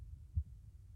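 A single deep, muffled thump stands out from a low rumbling background, too short to judge rate or rhythm. It is an adult's own heartbeat heard up close, a steady, calming sound without any added noise.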